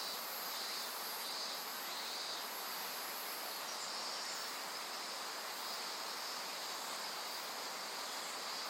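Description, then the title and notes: Insect chorus of shrill steady trilling and long high buzzes that switch on and off, heard over constant rushing river water. Various insects calling in a forest of dense trees beside the Azusa River, Shinano River system, Shinshu. "信州、川の森の音. 信濃川水系、梓川. 川のそばには木々が生い茂る森があり、いろんな虫たちの声を聴くことができました。"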